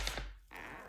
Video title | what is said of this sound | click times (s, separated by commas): How To: Salomon MTN Explore 88 Skis, Boots, & Shift Bindings for Skinning & Downhill Skiing | and then with the back you're going to push your heel down until it clicks which | 0.1 s